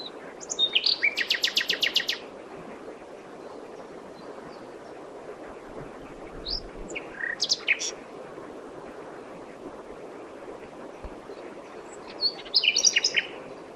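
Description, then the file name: Common nightingale song with a fast buzzy rattling trill at the start, scattered sharp notes in the middle and another rattling burst near the end. "Luscinia megarhynchos"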